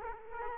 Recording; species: mosquito wingbeat signal from an infrared sensor; Culex quinquefasciatus